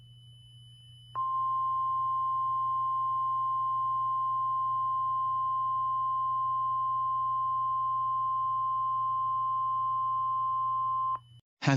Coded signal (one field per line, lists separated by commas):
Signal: Emergency Alert System (SAME) tones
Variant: 1050 Hz attention tone